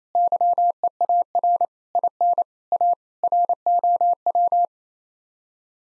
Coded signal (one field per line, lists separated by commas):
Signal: Morse code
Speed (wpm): 27 wpm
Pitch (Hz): 700 Hz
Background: none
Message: YEAR IN A ROW